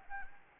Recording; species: mosquito wingbeat signal from an infrared sensor; Anopheles arabiensis